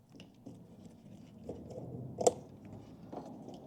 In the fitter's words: You hear it click in